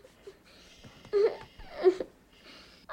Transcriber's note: soundbite of crying